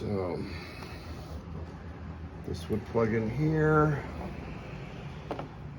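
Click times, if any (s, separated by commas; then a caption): 5.3 s, 5.4 s. During a snorkel install on a 2022 Can-Am Outlander 1000 XMR ATV, someone talks while a wiring harness plug is pushed into its socket. Two sharp clicks sound at 5.3 s and 5.4 s as the connector's catch engages, and the plug is seated.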